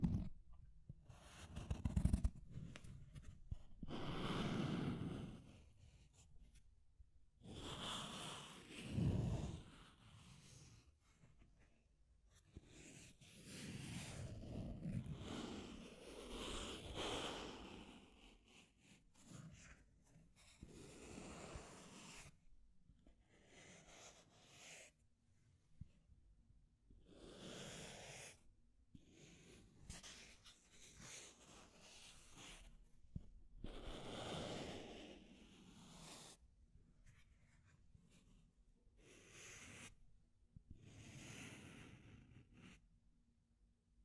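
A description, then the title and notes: Deep scratching in rough, irregular strokes, each a short burst of gritty scraping with a breathy, snorting texture. Bursts come in uneven clusters every second or two, heaviest in the first twenty seconds, with quieter gaps and a faint low hum between them. Deep Scratching. (No Talking).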